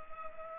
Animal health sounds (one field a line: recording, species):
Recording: mosquito wingbeat signal from an infrared sensor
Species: Culex pipiens